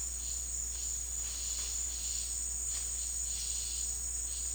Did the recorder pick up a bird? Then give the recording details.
no. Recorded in dense forest near Puerto Asís, Putumayo, Colombia, on 8 March 2025 at 16:00. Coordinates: 0.503, -76.323. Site GP09